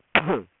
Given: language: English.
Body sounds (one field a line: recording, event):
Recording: throat vibration sensor signal played as sound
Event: cough